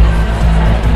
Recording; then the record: background sound without coughing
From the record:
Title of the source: Party Noise 1 Hour Party Ambience